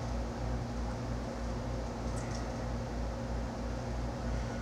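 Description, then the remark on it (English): An air conditioner runs with a steady, unbroken whir, a low droning hum layered under a wash of airy hiss, holding an even level throughout with no voices. “I feel like I'm barely any louder than the air conditioner, but I'll continue.”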